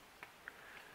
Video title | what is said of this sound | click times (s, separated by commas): ABBREE 42 5 Inch Dual Band Foldable Blade Antenna | know if you heard that but it snaps in there and it's fairly strong and | 0.2 s, 0.5 s